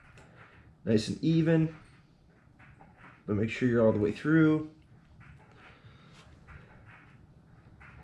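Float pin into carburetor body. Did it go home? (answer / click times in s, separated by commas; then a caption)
no / none. A small metal float pin is slid by hand into the body of a generator carburetor while someone talks, with faint handling noises in the background. The pin is not all the way in, and nothing has seated or clicked yet.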